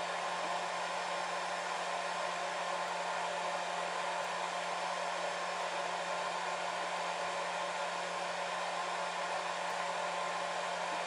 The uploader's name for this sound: DRYER NOISE